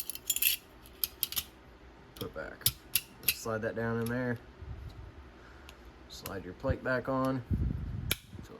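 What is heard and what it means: After cleaning, the floor plate of a Walther PDP pistol magazine is slid back onto the magazine body, with light metallic handling clicks early on while someone talks. A single sharp click at 8.1 s marks the floor plate seating in place.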